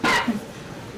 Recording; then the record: coughing mixed with background sound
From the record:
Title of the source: Barking cough - # 10